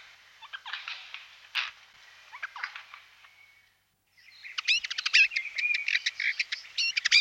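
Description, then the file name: Eurasian jay with soft, scattered rasping notes, a brief pause, then a dense run of quick chattering clicks and squeaky notes. "Skovskade"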